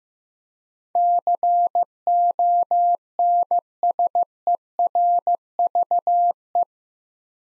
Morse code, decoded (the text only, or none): CONSERVE